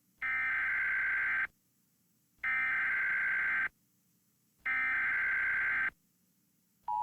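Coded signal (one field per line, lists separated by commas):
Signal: Emergency Alert System (SAME) tones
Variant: header bursts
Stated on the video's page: Fictional tornado EAS scenario made as a horror short.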